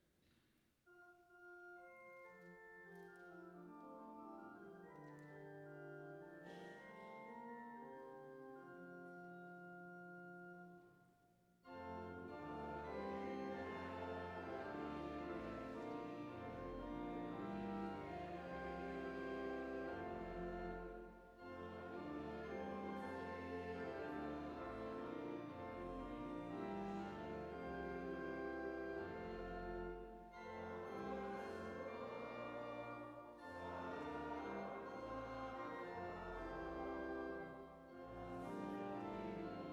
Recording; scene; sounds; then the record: everyday scene through a hearing-aid microphone; reverberant space; music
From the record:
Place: church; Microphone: behind the ear, right, rear